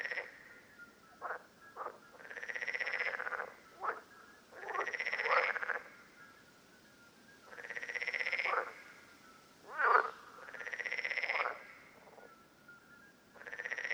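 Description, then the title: Parsley frogs in a lively chorus: pulsed creaking bursts repeated every few seconds, with brief sharp notes in between. Several frogs at Lerouville, Lorraine, France, on 5 June 2022. "Parsley-Frogs-Lerouville-Lorraine-France-05 06 2022"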